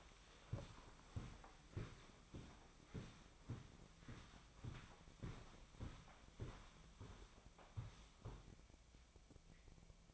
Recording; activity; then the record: daily activity, microphone in the room; walk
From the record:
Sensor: 1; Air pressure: 1009.3 hPa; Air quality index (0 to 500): 186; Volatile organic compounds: 4 ppm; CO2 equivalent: 1567 ppm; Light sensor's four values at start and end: 42/105/46/54 and 53/142/59/71